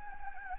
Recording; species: mosquito wingbeat signal from an infrared sensor; Anopheles gambiae